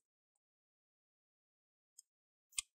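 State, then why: Released. A captive screw on a Dell Inspiron 15 5000 (P102f) laptop is loosened, pushing the plastic bottom cover up off its clips. In near silence, two sharp clicks are heard at 2.0 s and 2.6 s, the second louder, as the bottom cover clips release from the chassis and pop open.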